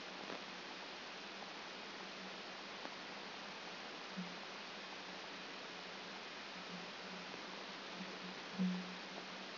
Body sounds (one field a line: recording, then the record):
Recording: brain microelectrode recording played as sound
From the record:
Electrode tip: outside the subthalamic nucleus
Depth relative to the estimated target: -6 mm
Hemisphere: left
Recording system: AlphaMap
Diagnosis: Parkinson's disease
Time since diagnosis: 14 years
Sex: female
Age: 58 years